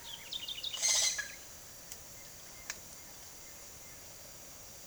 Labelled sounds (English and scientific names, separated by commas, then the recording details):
House Wren (Troglodytes aedon), Yellow-rumped Cacique (Cacicus cela), White-shouldered Antbird (Akletos melanoceps)
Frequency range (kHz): House Wren (Troglodytes aedon) 1.4-5.5 kHz; White-shouldered Antbird (Akletos melanoceps) 1.2-2.8 kHz
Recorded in secondary vegetation near Puerto Asís, Putumayo, Colombia, on 23 June 2025 at 08:00
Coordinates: 0.489, -76.322
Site G021